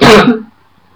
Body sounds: coughing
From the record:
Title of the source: Barking cough - # 10

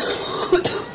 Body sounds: coughing mixed with background sound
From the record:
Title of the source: 30 Chesty and wet cough

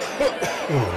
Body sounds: coughing mixed with background sound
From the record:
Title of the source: Dry Afternoon Cough

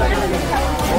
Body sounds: background sound without coughing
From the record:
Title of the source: Nightlife Party Simulating Party Club Noise 1 Hour

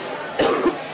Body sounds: coughing mixed with background sound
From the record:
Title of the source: Coughing 77

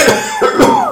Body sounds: coughing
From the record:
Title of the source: Mid-morning Winter Coughing Fit

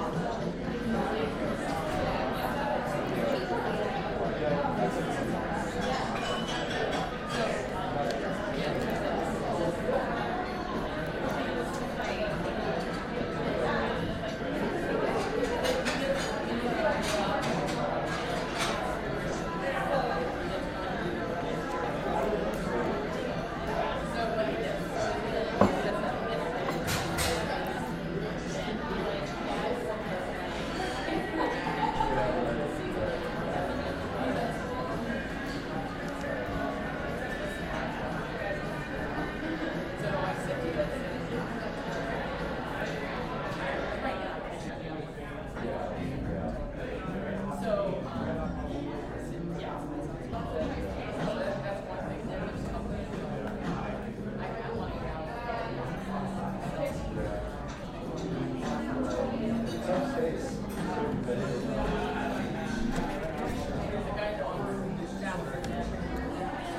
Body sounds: background sound without coughing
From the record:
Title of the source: 60 minutes of coffee shop sounds for study and concentration

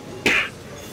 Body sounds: coughing mixed with background sound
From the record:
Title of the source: 64 coughing, allergies, singing lungs

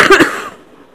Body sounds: coughing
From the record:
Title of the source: 31 night wet cough

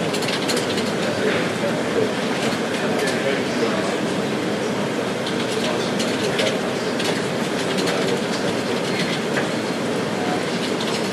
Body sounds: background sound without coughing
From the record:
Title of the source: Office Sounds Ambience - Background Noise for Study and Work

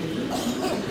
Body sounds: coughing mixed with background sound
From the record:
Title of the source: Spring Allergy Coughing

